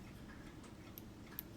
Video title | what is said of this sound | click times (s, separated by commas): The Model Ship - Part 1990 | there now now it's clicked in if if you listen real carefully you can actually hear it click | 1.0 s, 1.4 s